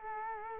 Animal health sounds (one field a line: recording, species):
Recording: mosquito wingbeat signal from an infrared sensor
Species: Culex quinquefasciatus